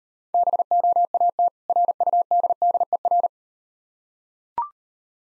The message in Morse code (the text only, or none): BOAT RUDDER